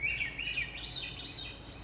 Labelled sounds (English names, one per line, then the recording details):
Swainson's Thrush
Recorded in Sonoma County, California